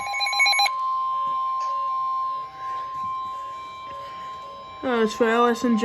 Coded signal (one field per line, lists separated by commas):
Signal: Emergency Alert System (SAME) tones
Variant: 1050 Hz attention tone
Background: speech, music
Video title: EAS #143 Severe Thunderstorm Warning On NWR